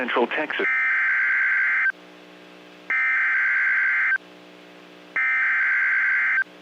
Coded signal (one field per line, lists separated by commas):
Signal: Emergency Alert System (SAME) tones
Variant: header bursts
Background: speech